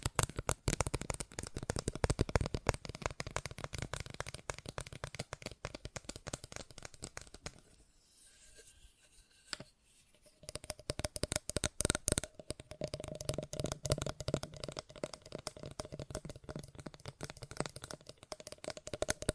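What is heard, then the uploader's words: Fast tapping runs as a dense, rapid stream of sharp clicks, bright and crisp, for most of the clip. Around eight to ten seconds it thins to a few scattered taps in near quiet, then resumes just as quick, with a faint steady tone underneath. ASMR Fast Tapping for Intense Tingles (No Talking).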